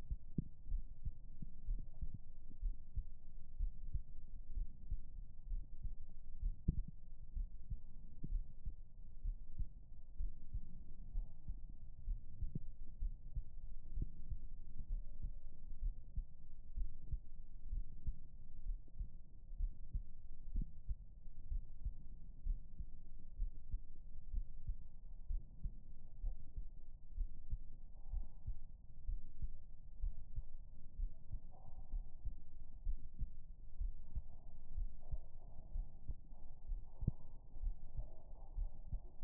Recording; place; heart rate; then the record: heart sounds by stethoscope; pulmonary valve (PV); 64 bpm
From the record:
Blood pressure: 135/87 mmHg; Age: 51 years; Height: 155 cm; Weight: 71 kg